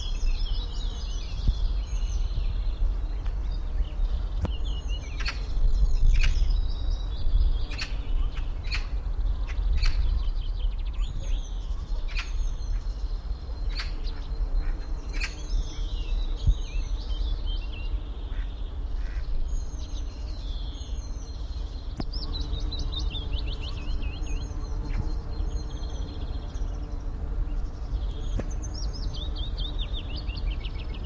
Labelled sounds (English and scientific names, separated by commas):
Willow Warbler (Phylloscopus trochilus)